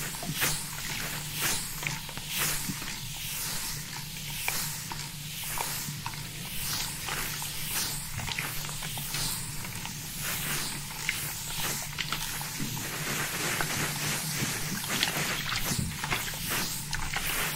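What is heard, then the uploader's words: Rapid spray bottle squirts fire off in quick, fairly regular bursts, each a short bright hiss, several every second for the full length. A low steady hum sits underneath throughout, and the spraying stays even in loudness. Ultra Fast RAW Barbershop SPRAY Bottle Sounds.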